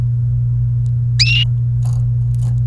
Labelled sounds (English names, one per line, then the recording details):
Domestic Canary song
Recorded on 29 April 2018 at 13:01
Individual llb3